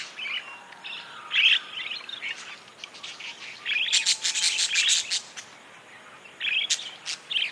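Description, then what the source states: Budgerigar chatter: soft warbles building into a dense burst of clicks and squeaky chirps midway, then trailing off into occasional chirps. Several budgies described as happy.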